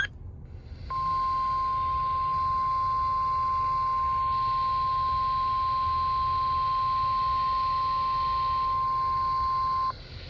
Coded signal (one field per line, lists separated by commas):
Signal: Emergency Alert System (SAME) tones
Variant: 1050 Hz attention tone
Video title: KXI42 Illinois Severe Weather Preparedness Week Test. 3/2/26 EAS #546